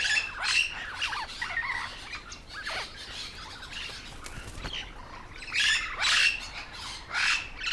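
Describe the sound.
Yellow-shouldered parrot giving harsh, raspy squawks in irregular bursts, with louder outbursts near the start and again toward the end.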